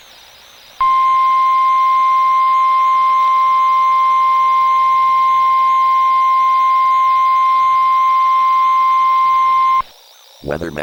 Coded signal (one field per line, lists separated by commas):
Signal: Emergency Alert System (SAME) tones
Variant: 1050 Hz attention tone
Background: speech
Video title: EAS Mock: Tsunami Warning (8/1/25)